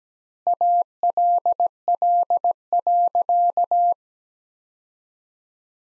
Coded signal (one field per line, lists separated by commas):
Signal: Morse code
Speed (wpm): 17 wpm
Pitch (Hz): 700 Hz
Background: none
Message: ALL.